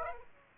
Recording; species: mosquito wingbeat signal from an infrared sensor; Aedes aegypti